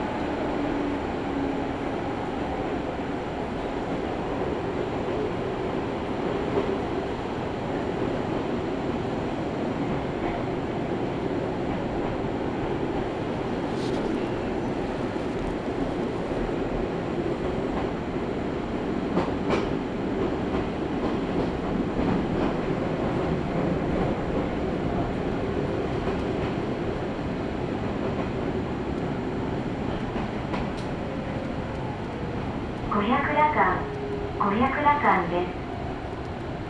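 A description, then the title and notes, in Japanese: A train on the Izuhakone Railway Daiyuzan Line pulls away from Odawara, its low rumble steady and dense throughout. Brief tones flicker in around 14 and 19 seconds, and near 33–36 seconds a warbling signal or announcement rises over the running noise. 伊豆箱根鉄道 大雄山線 小田原→大雄山。列車は３両編成で12分間隔と単線区間の中では最も頻繁に走る路線の一つです。小田原駅の東端から出るので、ＪRの音声が混じったりする中を発車して、緑町を過ぎると東海道本線と新幹線の下をくぐって北に進路をとります。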